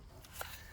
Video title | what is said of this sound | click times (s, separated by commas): 2009 Honda Accord Starter Replacement | pushes onto this connector here until you hear it click and | 0.4 s